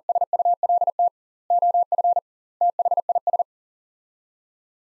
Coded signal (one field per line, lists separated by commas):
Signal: Morse code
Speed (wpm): 40 wpm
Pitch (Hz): 700 Hz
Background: none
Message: SULT OF THIS